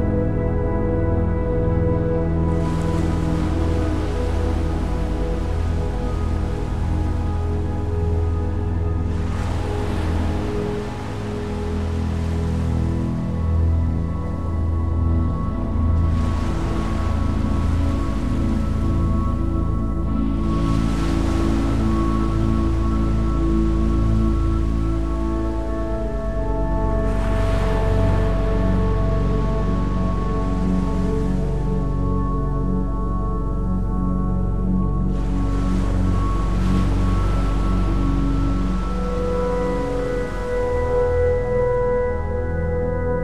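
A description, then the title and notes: Gentle, sustained music of soft held notes and a low drone plays steadily throughout. Over it, rushing water swells and fades in bright, hissing surges roughly every six seconds, full. The overall level stays even from start to finish. Listen to the soothing relaxing sounds of a waterfall, set against beautiful and gentle music.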